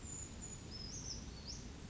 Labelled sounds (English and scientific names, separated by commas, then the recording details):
Brown Creeper (Certhia americana)
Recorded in Sonoma County, California